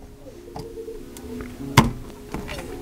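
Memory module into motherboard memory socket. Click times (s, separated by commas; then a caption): 1.8 s. A memory module is lined up with the motherboard memory socket's tabs and pushed down until the socket's retention arms snap into place. Faint ticks and a low tonal hum lead to one sharp snap at 1.8 s, followed by a softer tick. Both arms lock and the module is seated.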